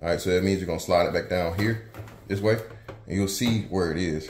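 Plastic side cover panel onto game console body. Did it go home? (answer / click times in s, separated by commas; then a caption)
no / none. The plastic side cover of a PS5 Digital game console is slid back down along the console body while someone talks throughout. Only the speech and faint handling are heard; nothing has seated or clicked yet, because the cover has not yet been pressed forward to snap into place.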